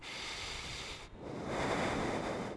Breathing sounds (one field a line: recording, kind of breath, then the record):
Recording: one breath in and out by a microphone near the nose and mouth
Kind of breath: deep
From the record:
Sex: male